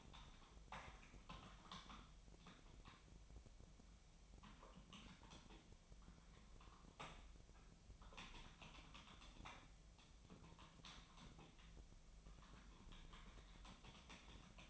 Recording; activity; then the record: daily activity, microphone in the room; typing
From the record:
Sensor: 1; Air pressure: 1009.5 hPa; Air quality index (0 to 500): 195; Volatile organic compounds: 19 ppm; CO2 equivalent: 2668 ppm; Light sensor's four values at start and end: 29/73/30/36 and 28/73/30/36